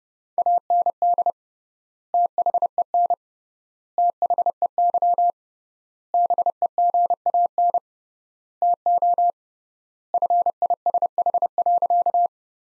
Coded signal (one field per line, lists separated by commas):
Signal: Morse code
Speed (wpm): 32 wpm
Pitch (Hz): 700 Hz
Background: none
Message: AND THEN THEY BEGAN TO FISH.